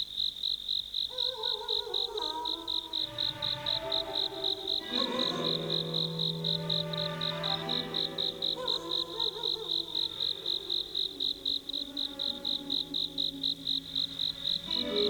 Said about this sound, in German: Ganz in der Nähe zirpte eine Grille.